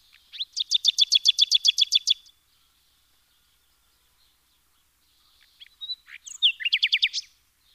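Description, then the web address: Common nightingale song: a fast, loud trill of repeated notes lasting over a second, a quiet pause, then varied chirps leading into another rapid repeated series. "SETE data Luscinia megarhynchos"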